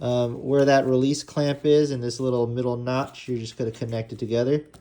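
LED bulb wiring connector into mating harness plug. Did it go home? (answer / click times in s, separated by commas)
no / none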